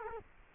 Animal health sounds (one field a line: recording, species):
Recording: mosquito wingbeat signal from an infrared sensor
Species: Culex quinquefasciatus